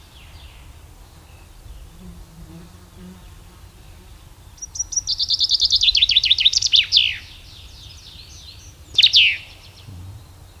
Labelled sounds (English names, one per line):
Common Chaffinch song